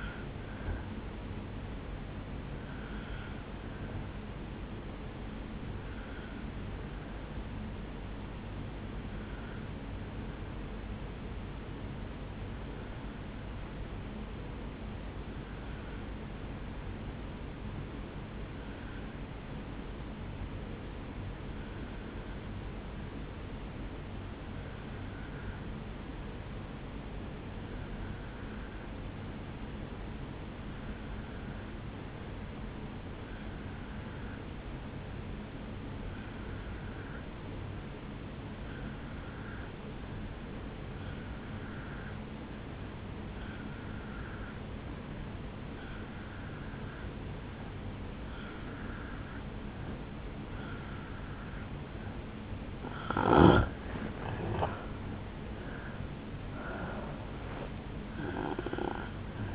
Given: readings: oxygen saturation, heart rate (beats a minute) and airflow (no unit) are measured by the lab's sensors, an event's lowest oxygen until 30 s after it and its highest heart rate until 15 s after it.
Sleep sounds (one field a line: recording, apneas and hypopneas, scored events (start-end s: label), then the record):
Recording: breathing in sleep by a voice recorder at the bedside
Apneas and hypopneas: 1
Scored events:
6.00-50.90 s: obstructive apnea (N1, oxygen 97% highest, then 84% lowest, heart rate 53 at the start, 78 highest)
10.00-59.55 s: new sleep stage, N2 (light sleep)
From the record:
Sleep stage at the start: N1 (lightest sleep)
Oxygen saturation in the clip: 79 to 97%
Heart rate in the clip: 53 to 76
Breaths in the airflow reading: 6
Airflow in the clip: -7.5 to 7.0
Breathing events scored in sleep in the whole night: 449 in 7.0 hours asleep